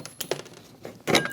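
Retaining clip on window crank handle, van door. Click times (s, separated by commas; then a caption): 1.1 s, 1.2 s. The metal retaining clip is worked off the old front window crank handle on the door of a 2003–2025 Chevrolet Express 2500 van to free the handle from its spindle. A few light metallic ticks come first, then sharp snaps at 1.1 s and 1.2 s as the clip pops off and the handle is released.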